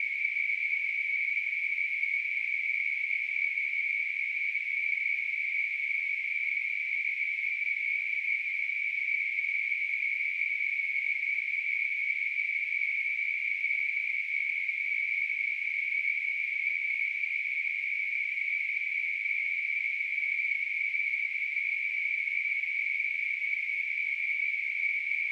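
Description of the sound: A steady, unbroken narrowband hiss centred around 2 kHz, with a fainter band near 4.5 kHz and nothing in the low range, simulating tinnitus.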